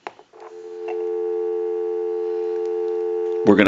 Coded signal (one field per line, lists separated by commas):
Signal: telephone call progress tone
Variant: North America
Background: speech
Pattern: dial tone